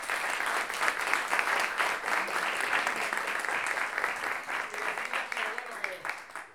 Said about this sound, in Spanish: Así que un aplauso para ellos.